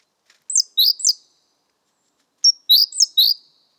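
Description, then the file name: Great tit calling, two bursts of a few bright, downward-slurred high notes about two seconds apart, otherwise quiet. "Parus major"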